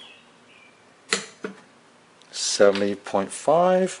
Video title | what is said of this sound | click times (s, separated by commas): How To Check and Calibrate Your Torque Wrench | until it clicks and then stop | 1.1 s